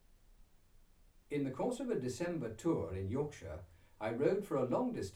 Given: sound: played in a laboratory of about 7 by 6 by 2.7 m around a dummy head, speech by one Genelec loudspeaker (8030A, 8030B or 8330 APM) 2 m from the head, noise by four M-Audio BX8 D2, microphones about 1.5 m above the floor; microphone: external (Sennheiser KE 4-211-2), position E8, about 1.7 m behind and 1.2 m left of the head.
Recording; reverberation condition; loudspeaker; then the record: male speech in English; low; 30 degrees to the left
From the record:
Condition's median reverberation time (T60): about 310 ms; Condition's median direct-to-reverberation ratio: about 3.5 dB